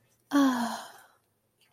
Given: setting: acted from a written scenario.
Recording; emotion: vocal sound without words; ecstasy